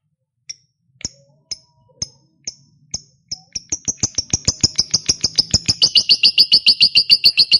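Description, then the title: Lovebird calls, sharp high chips about every half second, speeding up into a continuous rapid, louder chatter by the end. Played to make a lazy lovebird excited and spontaneously start singing. "LOVEBIRD Malas Bunyi JADI GREGET SPONTAN Langsung NARIK"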